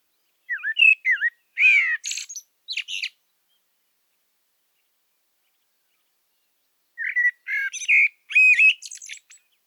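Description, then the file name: Common blackbird giving two song phrases several seconds apart, each of mellow fluted notes breaking into sharp, high twittering squeaks, with silence between. "Turdus merula"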